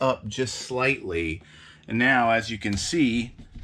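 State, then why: Not seated. Someone talks while handling the sliding track lock in an RV fitting, whose track was moved up slightly after being slightly off from a manufacturing defect. Only speech is heard, with no distinct impact sounds. Nothing has seated or clicked yet.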